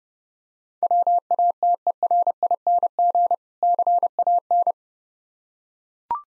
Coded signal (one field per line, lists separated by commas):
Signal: Morse code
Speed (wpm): 32 wpm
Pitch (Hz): 700 Hz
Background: none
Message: WATERING CAN